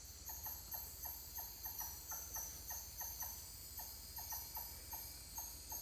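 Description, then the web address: Titi monkey calls: evenly paced short notes with a higher overtone, repeated several times a second, above a whining insect background. More than one titi monkey calling. "Titi-monkeys-calling wilderness-songs"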